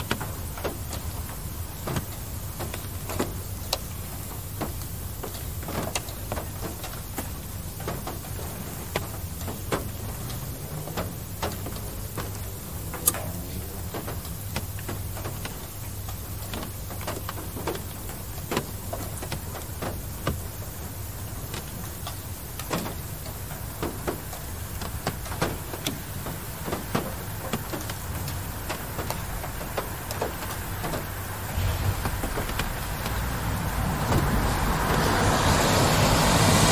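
Light rain patters with frequent small ticks and drips over a low steady hum, and a car swells louder over the final seconds.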